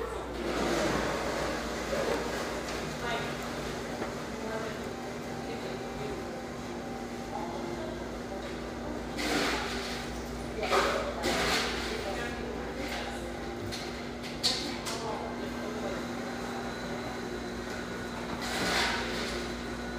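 Coffeehouse murmur of voices runs under a steady low hum throughout. Short bright bursts of hissing clatter break through around nine to twelve seconds and again near eighteen seconds, with occasional small clinks in between.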